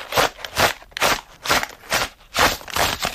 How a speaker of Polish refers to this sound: To znaczy, zawsze lubię przykład maszerującego wojska, które można stworzyć przy użyciu kartki. Pokaż. Poproszę kartkę, jakąś do zniszczenia niestety. Tak, oczywiście, taką wykorzystaną. Słyszymy kartkę papieru. Uwaga.